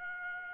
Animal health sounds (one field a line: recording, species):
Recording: mosquito wingbeat signal from an infrared sensor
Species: Aedes aegypti